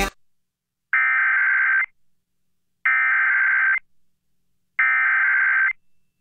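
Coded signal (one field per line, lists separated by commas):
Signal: Emergency Alert System (SAME) tones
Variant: header bursts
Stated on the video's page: Tornado Warning for Brunswick County, North Carolina, received on NOAA Weather Radio.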